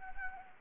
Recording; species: mosquito wingbeat signal from an infrared sensor; Anopheles gambiae